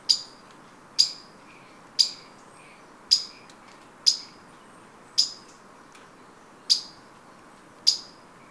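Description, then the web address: Streaked Tuftedcheek calls: sharp, high, clipped notes repeated roughly once every second. Recorded in Ecuador. "Birds of Ecuador. Streaked Tuftedcheek"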